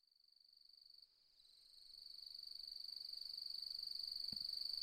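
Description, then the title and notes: Cricket song, a high steady trill that starts faint, breaks off briefly after a second, then returns and swells louder; a single soft knock near the end. Nocturnal cricket song beginning at dusk as full moon rises, fluctuating; autumn, 4 May 2015; Mallee woodland, outback, Mungo National Park, NSW, Australia. "Autumnal Dusk At Mungo National Park, NSW, Australia. As the light fades and the full moon rises.. the nocturnal cricket song begins and fluctuates. Recorded on the 4th of May, 2015 in the outback"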